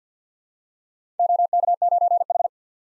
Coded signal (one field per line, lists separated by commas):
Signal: Morse code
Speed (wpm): 51 wpm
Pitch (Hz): 700 Hz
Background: none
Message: OK9H